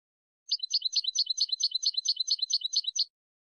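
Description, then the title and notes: European goldfinch song, a steady run of fast, rhythmic, metallic twittering phrases repeated for about two and a half seconds without pause. Clean goldfinch song recording made as training material for teaching song to other birds. "Cd de canto de jilguero limpio para copia."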